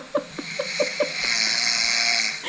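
An adult man snores while lying on his back on a sofa, wearing a face mask. He fell asleep about 30 seconds after lying down.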